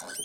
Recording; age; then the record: pig call; piglet (1 to 25 days)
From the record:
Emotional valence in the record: negative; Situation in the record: short isolation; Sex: male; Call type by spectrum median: high-frequency call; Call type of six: mixed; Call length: 0.24 s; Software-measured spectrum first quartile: 2300 Hz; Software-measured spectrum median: 6172 Hz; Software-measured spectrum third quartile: 9035 Hz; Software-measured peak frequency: 9005 Hz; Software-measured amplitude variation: 102 dB a second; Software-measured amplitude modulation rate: 22.7 a second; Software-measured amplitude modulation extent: 4.5 dB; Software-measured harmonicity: 6.2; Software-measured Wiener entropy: -2.67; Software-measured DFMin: 866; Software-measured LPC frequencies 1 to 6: 708, 1544, 3097, 4393, 5149, 6070 Hz